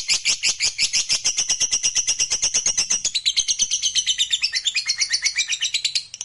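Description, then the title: Lovebird chattering song: an unbroken, very rapid series of shrill, buzzy chirps, loud and steady from start to finish. Fighter-type lovebird, gacor (singing energetically). "Berkat SUARA Lovebird FIGHTER GACOR Ini"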